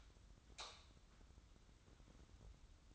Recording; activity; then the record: daily activity, microphone in the room; light off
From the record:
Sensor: 3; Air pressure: 994.4 hPa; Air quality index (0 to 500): 213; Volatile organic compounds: 1000 ppm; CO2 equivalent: 7109 ppm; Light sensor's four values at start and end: 197/477/201/199 and 196/472/199/197